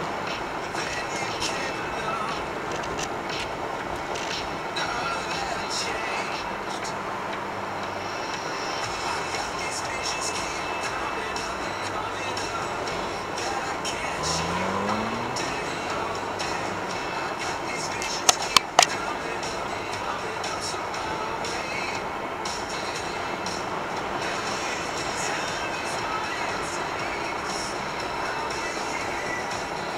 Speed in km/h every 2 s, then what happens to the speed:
53, 53, 52, 52, 51, 51, 50, 50, 51, 49, 49, 49, 52, 53, 54.
0-30 steady at about 51.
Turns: none.